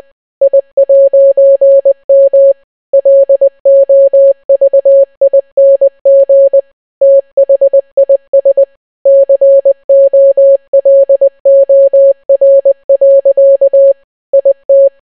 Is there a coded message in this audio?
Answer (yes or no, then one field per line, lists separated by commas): yes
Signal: Morse code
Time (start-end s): 0.4-14.9 s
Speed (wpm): 20 wpm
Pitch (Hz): 550 Hz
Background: none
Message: I'M LOVING THIS COLOR. IT